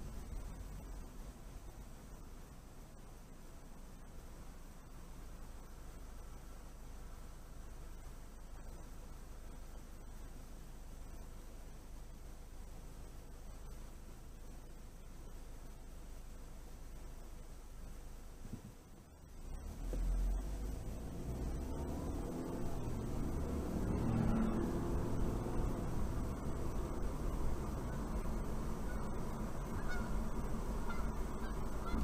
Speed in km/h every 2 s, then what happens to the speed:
6, 0, 0, 0, 0, 0, 0, 0, 0, 0, 18, 24, 34, 39, 42, 42.
1-19 standing. 19-28 pulls away to 42.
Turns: none.